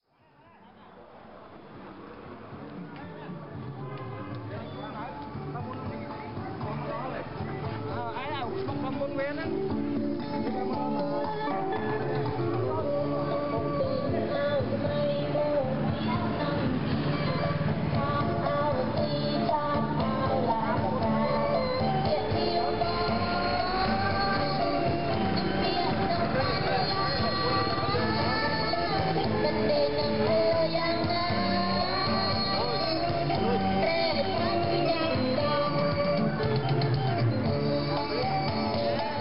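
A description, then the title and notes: Recorded music plays from speakers out toward a street, fading up over the first ten seconds and then holding a steady, dense level. Sung or voice-like melodic lines sit over a muffled, dull-topped mix, with low street rumble and traffic underneath. Cambodia - music from street restaurant. Recorded music playing on speakers facing the street in a small restaurant in Phnom Penh, Cambodia.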